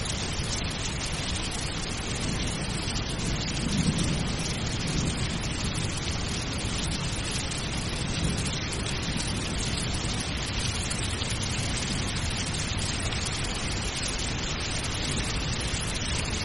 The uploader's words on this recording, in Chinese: 助眠雷雨声 睡眠雨声。